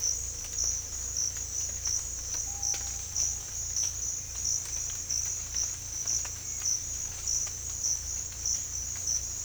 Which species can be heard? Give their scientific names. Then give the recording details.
Crypturellus cinereus. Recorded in dense forest near Puerto Asís, Putumayo, Colombia, on 18 December 2024 at 07:00. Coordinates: 0.486, -76.317. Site G003